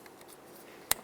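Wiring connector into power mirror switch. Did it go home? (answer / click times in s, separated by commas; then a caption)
yes / 0.9 s. A plastic electrical connector is plugged back into the power mirror switch of a 2006-10 Ford Explorer while the front exterior door handle is being replaced. After faint handling ticks, a sharp, bright click at 0.9 s marks the connector seating in the switch.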